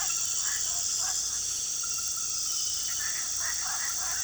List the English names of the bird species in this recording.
none